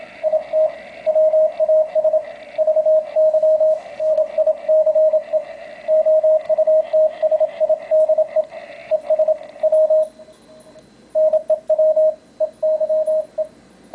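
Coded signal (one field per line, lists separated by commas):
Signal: Morse code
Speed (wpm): 26 wpm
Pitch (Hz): 620 Hz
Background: radio noise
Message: IT WAS VY NICE OUTSIDE ES W NEW EYE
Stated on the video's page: CW audio through a Model B acoustic resonance speaker, 5-1/4 in plastic cup resonating at 650 Hz with narrowed passband, compared with the IC-703 internal speaker.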